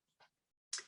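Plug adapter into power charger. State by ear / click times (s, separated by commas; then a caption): seated / 0.7 s. An interchangeable plastic plug adapter, lined up by the tabs on its sides, is slid into a power charger head. Faint scuffs of the sliding come first, then a sharp, bright click at 0.7 s as it locks in place.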